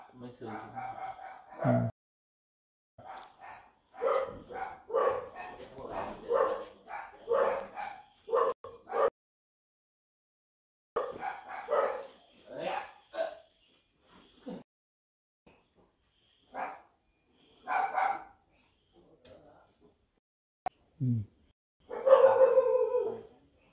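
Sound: dogs barking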